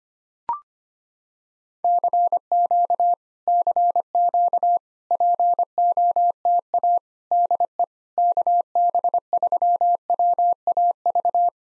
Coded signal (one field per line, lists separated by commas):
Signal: Morse code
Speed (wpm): 25 wpm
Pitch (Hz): 700 Hz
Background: none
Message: CQ CQ POTA DE KB3WAV